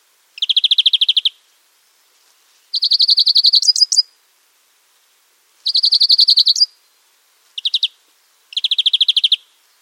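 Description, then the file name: European greenfinch repeating quick buzzy trills in bursts every couple of seconds, five in all, one very short, with a sharp upward note closing some; no other sounds. "Chloris chloris"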